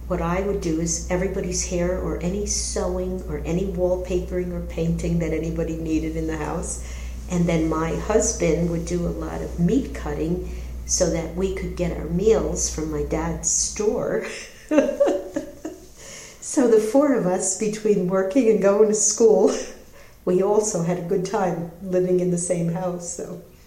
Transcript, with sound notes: What I would do is everybody's hair or any sewing or any wallpapering or painting that anybody needed in the house, and then my husband would do a lot of meat cutting so that we could get our meals from my dad's store. [laughter] So, the four of us, between working and going to school, we also had a good time living in the same house.